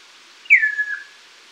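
Chestnut-crowned antpitta giving a single clear whistled note that starts high, slurs steeply downward, then levels off and trails lower, over a quiet background.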